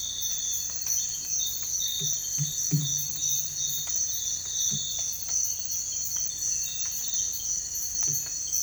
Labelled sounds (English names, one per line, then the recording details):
none
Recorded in dense forest near Puerto Asís, Putumayo, Colombia, on 21 December 2024 at 05:30
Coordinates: 0.484, -76.317
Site G026